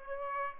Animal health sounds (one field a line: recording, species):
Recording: mosquito wingbeat signal from an infrared sensor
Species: Aedes aegypti